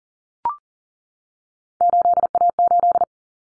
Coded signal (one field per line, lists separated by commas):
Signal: Morse code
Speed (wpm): 39 wpm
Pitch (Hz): 700 Hz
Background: none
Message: 8A8